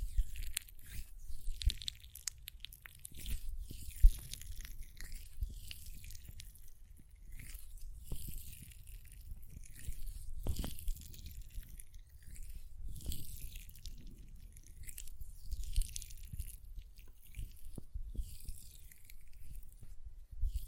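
Hand sounds with lotion: soft, sticky rubbing swishes come in irregular bursts every second or so, with a moist, crunchy texture. Scattered sharp nail taps and low thumps punctuate it, a crisp click standing out near 4 seconds and another near 10 seconds.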